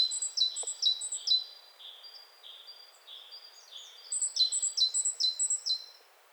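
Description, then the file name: Great tit: ringing downslurred notes repeated quickly, a quieter stretch of lower notes, then another brisk run of bright, falling notes. "Parus major"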